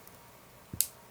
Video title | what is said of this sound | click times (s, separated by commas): Our Baseball Team Fountain Pen Primer Video | You hear that little click? That's the little lock. | 0.8 s